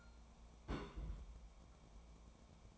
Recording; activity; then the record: daily activity, microphone in the room; place on stove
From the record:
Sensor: 1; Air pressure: 1000.0 hPa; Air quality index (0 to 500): 134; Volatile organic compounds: 2 ppm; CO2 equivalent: 1268 ppm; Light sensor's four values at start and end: 40/100/42/52 and 40/100/42/52